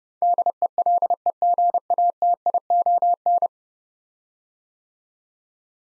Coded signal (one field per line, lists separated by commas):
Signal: Morse code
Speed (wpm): 30 wpm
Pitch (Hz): 700 Hz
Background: none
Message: DELEGATION